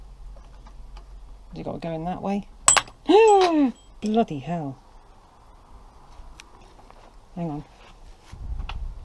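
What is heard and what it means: A clip-on cap on the housing of a Cortina MK3 wiper motor, held in a vise, is prised off with a screwdriver while someone talks. Faint scrapes and taps lead up to a sharp snap at 8.7 s as the cap pops off with force, unbroken.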